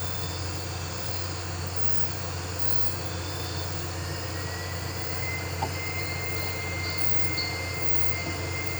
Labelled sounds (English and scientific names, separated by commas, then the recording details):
none
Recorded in pastures near Puerto Asís, Putumayo, Colombia, on 12 March 2025 at 01:30
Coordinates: 0.466, -76.322
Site CSA-02